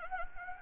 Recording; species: mosquito wingbeat signal from an infrared sensor; Anopheles gambiae